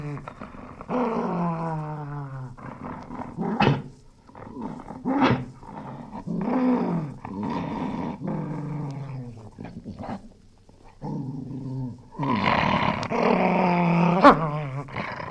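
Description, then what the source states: Spaniel snarling: repeated harsh, throaty growls with rising and falling harmonic snarls in bursts, pausing briefly between, ending in a louder, raspier outburst. Angry spaniel snarling.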